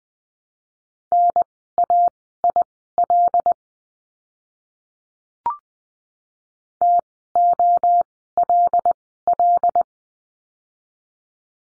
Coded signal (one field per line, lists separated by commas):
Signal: Morse code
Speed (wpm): 20 wpm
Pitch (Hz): 700 Hz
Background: none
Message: NAIL TOLL